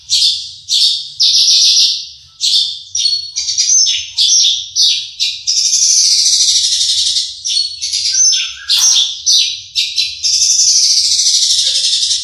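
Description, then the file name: Horsfield's bush lark singing a rich, varied stream of high chirps, buzzy trills and sweeping whistles, some notes held over a second. Individual bird named Mercy; kept bird. "audio branjangan mercy marga omkicau com"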